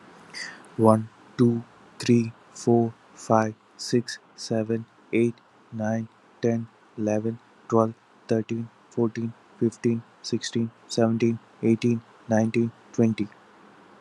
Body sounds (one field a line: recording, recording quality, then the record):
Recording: counting at a normal pace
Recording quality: excellent, no background noise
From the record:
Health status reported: healthy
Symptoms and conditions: none ticked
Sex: male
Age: 28 years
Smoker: not ticked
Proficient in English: yes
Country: India